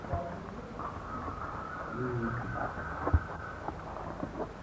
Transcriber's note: birds crying